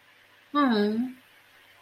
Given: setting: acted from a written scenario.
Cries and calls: vocal sound without words; disappointment

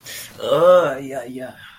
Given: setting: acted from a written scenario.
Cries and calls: vocal sound without words; pain

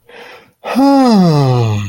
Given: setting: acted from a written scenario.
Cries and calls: vocal sound without words; serenity

